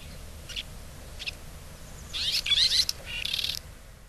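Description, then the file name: Red-rumped swallow calling: two brief thin chirps, then a lively run of buzzy, twittering notes for about a second and a half, with steady low background noise. In Hyogo. "koshiakatsubame. hyogo kaji"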